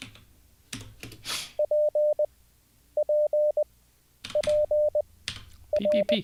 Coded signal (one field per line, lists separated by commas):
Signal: Morse code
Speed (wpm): 20 wpm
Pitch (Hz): 600 Hz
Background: none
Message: P P P R